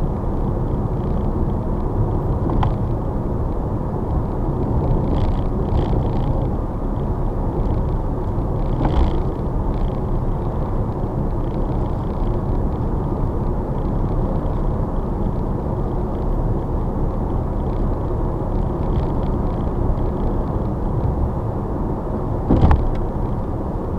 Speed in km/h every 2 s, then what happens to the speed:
53, 53, 53, 55, 55, 55, 55, 55, 56, 58, 58, 55.
0-24 steady at about 55.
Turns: none.